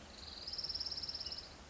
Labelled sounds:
Orange-crowned Warbler

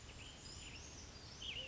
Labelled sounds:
Brown Creeper

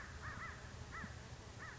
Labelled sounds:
American Crow

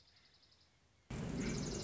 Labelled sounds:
Dark-eyed Junco

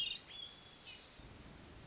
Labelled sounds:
Hermit Thrush

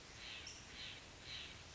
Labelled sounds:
Steller's Jay

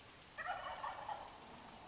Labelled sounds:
Wild Turkey

